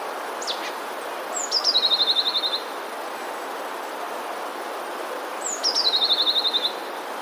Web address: wroblowe teka spiew 14. modraszkoteka